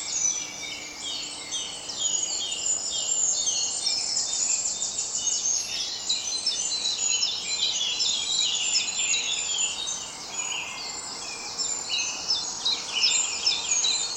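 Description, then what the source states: Birds in a continuous dawn chorus of high, overlapping chirps and trills from many singers, with background hiss throughout. Dawn chorus at dawn.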